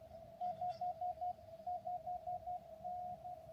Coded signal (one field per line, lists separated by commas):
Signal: Morse code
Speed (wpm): 12 wpm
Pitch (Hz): 720 Hz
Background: radio noise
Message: 55N